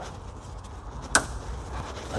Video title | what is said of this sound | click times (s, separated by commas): "Fixing" the battery on my FREE Ford Focus Electric (Part 3) | until it snaps into position like | 1.2 s